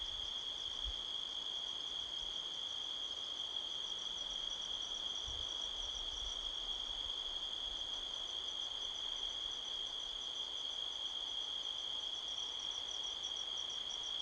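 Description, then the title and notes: A constant shrill cricket chorus, with a pulsed chirping band above, accompanied by wind hiss and a couple of low thumps from gusts. Crickets heard all around at midnight in a canyon near Sedona, Arizona, USA, on 5 October 2023, with strong wind rustling trees. "Midnight Soundscape, Sedona, Arizona, USA on 5th October 2023 – by Joe Harvey-Whyte. The sound of crickets can be heard all around"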